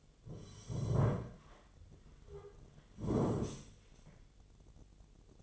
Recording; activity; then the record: daily activity, microphone in the room; sit down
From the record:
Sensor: 4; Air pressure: 1008.8 hPa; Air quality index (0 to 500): 170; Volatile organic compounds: 5 ppm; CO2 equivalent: 1710 ppm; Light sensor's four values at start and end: 23/73/28/27 and 23/73/28/27